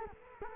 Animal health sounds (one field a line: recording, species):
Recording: mosquito wingbeat signal from an infrared sensor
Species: Culex quinquefasciatus